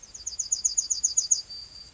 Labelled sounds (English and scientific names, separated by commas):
Yellowhammer (Emberiza citrinella) song